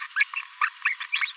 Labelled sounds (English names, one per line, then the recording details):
Green-rumped Parrotlet babbling
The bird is a male
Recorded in a nest box in Venezuela
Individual 17B42A3